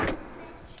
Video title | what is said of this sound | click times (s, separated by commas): 2019 Toyota Rav4 Limited // Detailed Review of Features - Scarborough Toyota | locks into place. | 0.8 s